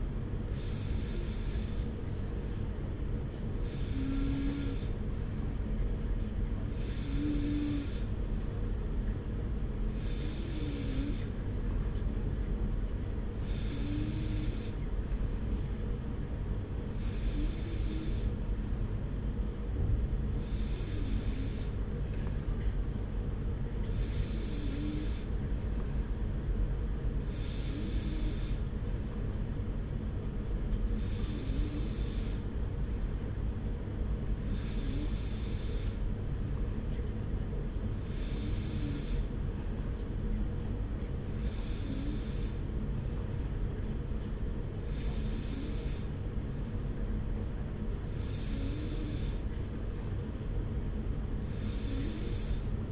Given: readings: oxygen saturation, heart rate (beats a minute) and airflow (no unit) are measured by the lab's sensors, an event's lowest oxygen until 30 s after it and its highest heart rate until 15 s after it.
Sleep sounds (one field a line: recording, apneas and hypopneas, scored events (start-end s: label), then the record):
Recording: breathing in sleep by a smartphone at the bedside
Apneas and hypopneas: none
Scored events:
18.00-48.00 s: new sleep stage, N1 (lightest sleep)
48.00-52.92 s: new sleep stage, N2 (light sleep)
From the record:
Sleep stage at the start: N2 (light sleep)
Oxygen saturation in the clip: 92 to 94%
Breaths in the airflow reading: 15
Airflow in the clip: -0.9 to 0.9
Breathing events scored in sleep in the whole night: 335 in 6.7 hours asleep